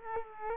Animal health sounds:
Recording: mosquito wingbeat signal from an infrared sensor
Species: Culex quinquefasciatus

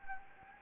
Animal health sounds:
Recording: mosquito wingbeat signal from an infrared sensor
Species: Anopheles gambiae

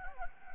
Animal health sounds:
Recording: mosquito wingbeat signal from an infrared sensor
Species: Anopheles gambiae

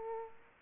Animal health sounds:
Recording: mosquito wingbeat signal from an infrared sensor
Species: Aedes aegypti

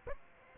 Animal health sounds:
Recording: mosquito wingbeat signal from an infrared sensor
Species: Aedes aegypti

